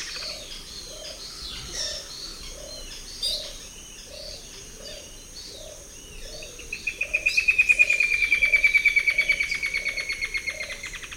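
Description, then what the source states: Straight-billed woodcreeper call: a rapid string of clipped notes begins partway through and falls gently in pitch, over steady low hooting that runs throughout. South America, eastern lowlands.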